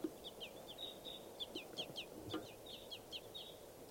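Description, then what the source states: Red crossbills calling: rapid series of sharp downslurred chip notes, repeated many times over a low steady hum. Type 2 call type; wild birds calling in the trees, with begging young.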